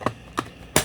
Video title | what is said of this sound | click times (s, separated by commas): Dyson V16 Piston Animal: Buy or Skip?! | one of the coolest things about it is it clicks on. | 0.8 s